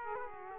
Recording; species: mosquito wingbeat signal from an infrared sensor; Aedes aegypti